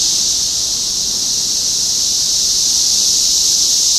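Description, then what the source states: Chorus of cicadas giving an unbroken, sizzling high-pitched whine, steady from start to finish. Several cicadas recorded in Topeka, Kansas, on 14 June 2015.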